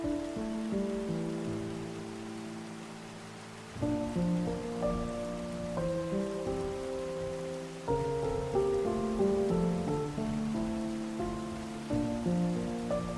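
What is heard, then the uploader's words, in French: Soft, sustained chords of a peaceful melody change every few seconds, with new notes entering around four, eight and twelve seconds. Beneath the music a faint, steady hiss of gentle rain runs throughout, low in the mix. Alliant les doux murmures de la pluie et des mélodies paisibles.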